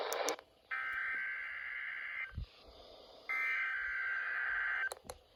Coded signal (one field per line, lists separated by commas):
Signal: Emergency Alert System (SAME) tones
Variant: header bursts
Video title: EAS #257-261| Required Weekly Test| KXI76, WWH23, WXJ31